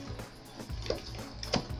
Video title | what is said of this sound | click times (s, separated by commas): Angel of Dream Heidi review | snaps back in which is just Uber Uber cool | 1.4 s, 1.5 s